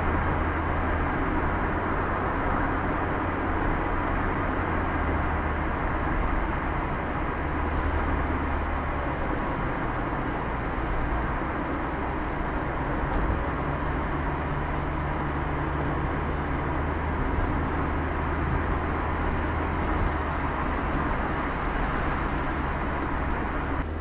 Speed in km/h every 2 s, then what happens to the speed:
65, 65, 62, 59, 59, 58, 57, 59, 59, 58, 59, 60.
0-9 slows to 58. 9-24 steady at about 59.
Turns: none.